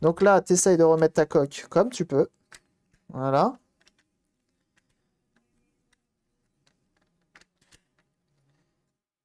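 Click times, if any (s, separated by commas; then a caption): none. Someone talks while handling the plastic shell halves of a PS4 game controller, pressing them back together after servicing it. After the talk, only a few faint, short ticks and small clicks of plastic handling are heard, with the strongest around 7.4 s. Nothing has seated or clicked home yet.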